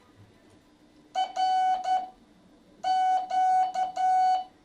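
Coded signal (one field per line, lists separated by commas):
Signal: Morse code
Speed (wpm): 10 wpm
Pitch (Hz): 750 Hz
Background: none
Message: R Q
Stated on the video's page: Morse from an intermediate Morse code class lesson.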